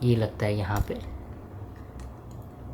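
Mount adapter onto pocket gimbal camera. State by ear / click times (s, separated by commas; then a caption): not seated / none. Someone talks while fitting a mount adapter onto a DJI Osmo Pocket 4P pocket gimbal camera, with quiet handling noise and a faint brief tap near 2.0 s. Nothing has seated or clicked into lock yet.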